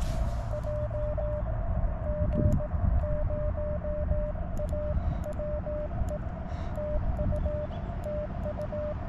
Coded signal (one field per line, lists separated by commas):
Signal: Morse code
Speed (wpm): 18 wpm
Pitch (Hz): 590 Hz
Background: none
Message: JG0AWE TU TU